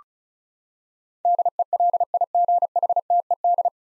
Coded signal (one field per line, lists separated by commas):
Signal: Morse code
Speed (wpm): 36 wpm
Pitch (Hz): 700 Hz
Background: none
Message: DELIGHTED